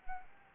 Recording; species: mosquito wingbeat signal from an infrared sensor; Anopheles arabiensis